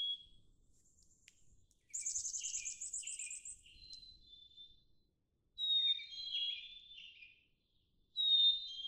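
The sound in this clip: Black-capped chickadee giving a burst of rapid high buzzy notes, then pure whistled phrases.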